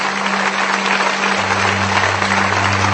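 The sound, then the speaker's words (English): An audience claps to praise the Lord in France, a dense, steady wash of many hands, loud and continuous throughout, with a low sustained hum running underneath. “Let us clap to the Lord.”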